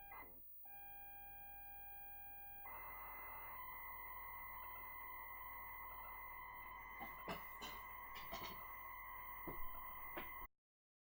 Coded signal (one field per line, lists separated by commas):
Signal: ZX Spectrum tape loading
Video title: ZX Spectrum / Harlequin 128K Kit assembly & resurrection!